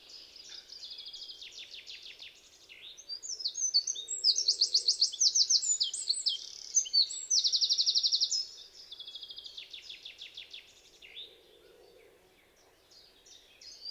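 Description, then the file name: Eurasian wren song: a long shrill outpouring of varied high notes and quick buzzy trills, building in the middle then fading. "Troglodytes troglodytes"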